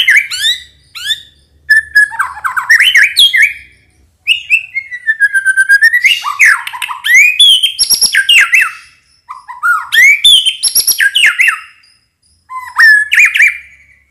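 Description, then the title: White-rumped shama singing loud fluty whistles that slide up and down, broken by quick chattering bursts and short pauses, phrases changing constantly. Singing actively; lure recording to make birds respond. "MURAI BATU GACOR"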